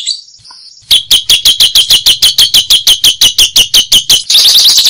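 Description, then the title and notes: Lovebird chirps: after a near-silent second, sharp high chirps repeat at a steady pace of several per second, then merge into a fast, continuous shrill chatter. Recording intended as a tutor track for training songbirds (masteran). "Suara Burung Lovbred Mantap Buat Masteran"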